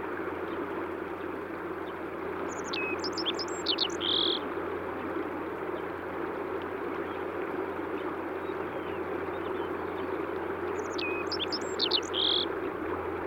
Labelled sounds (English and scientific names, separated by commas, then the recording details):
Black-faced Bunting (Emberiza spodocephala) song
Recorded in the wild
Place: Dzhalmyn, MN
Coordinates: 48.166, 107.736
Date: 1979-06-11 06:05
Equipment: Nagra III BH, Sennheiser MD 21, parabola
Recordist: Schubert, Michael
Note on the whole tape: Gesang Maskenammer